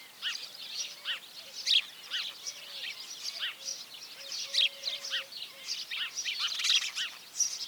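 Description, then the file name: House sparrow calls: a continuous chatter of overlapping chirps over soft background noise, with a quiet low tone coming and going. "Passer domesticus"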